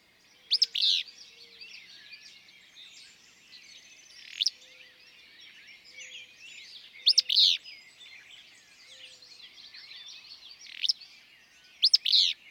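Willow flycatcher repeating its brisk, raspy two-note phrase five times at uneven intervals, over busy birdsong and a faint low whistle.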